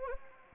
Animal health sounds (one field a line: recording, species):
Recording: mosquito wingbeat signal from an infrared sensor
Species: Anopheles arabiensis